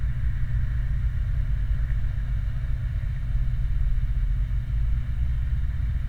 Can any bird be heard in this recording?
no